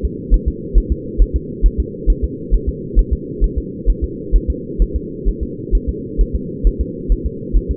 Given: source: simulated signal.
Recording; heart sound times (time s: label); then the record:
fetal heart sounds
0.05 s: S2
0.34 s: S1
0.48 s: S2
0.78 s: S1
0.92 s: S2
1.22 s: S1
1.36 s: S2
1.66 s: S1
1.80 s: S2
2.10 s: S1
2.24 s: S2
2.54 s: S1
2.69 s: S2
2.99 s: S1
3.13 s: S2
3.44 s: S1
3.58 s: S2
3.90 s: S1
4.04 s: S2
4.36 s: S1
4.50 s: S2
4.82 s: S1
4.96 s: S2
5.29 s: S1
5.43 s: S2
5.75 s: S1
5.89 s: S2
6.21 s: S1
6.35 s: S2
6.67 s: S1
6.81 s: S2
7.12 s: S1
7.26 s: S2
7.57 s: S1
7.71 s: S2
From the record:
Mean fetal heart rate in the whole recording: 135 bpm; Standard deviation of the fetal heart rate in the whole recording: 3 bpm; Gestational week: 36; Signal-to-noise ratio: -4.1 dB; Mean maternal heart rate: no maternal heart sound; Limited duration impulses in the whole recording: absent